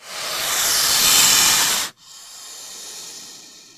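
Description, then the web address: Snake hiss: a loud, airy hiss swelling for about two seconds, cut off sharply, then a softer, fading hiss. Warning hiss given before attacking. "le sifflement davertissement dun serpent avant dattaquer"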